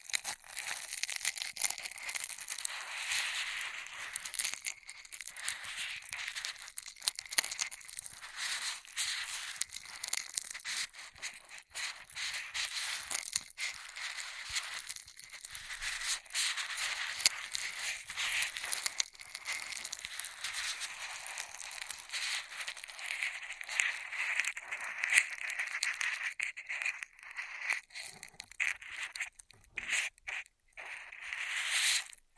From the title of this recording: Intense Straw Triggers